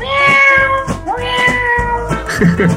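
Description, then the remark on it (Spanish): A person imitates a cat, producing long, drawn-out meows with a wavering, nasal pitch that bends up and down, loud and continuous with no other talk. “lo que podemos hacer es hacer miau todo el rato.”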